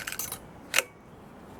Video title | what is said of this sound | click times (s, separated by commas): Rebuild problems 1985 Cannondale ST500 Touring Bike for Practical Cyclocamping | and that snaps PL back in place so that's good we'll put a | 0.8 s